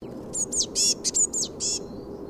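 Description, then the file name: Eurasian blue tit calls: a quick cluster of high, thin notes, some sliding downward, lasting about a second and a half over low background noise. "Cyanistes caeruleus"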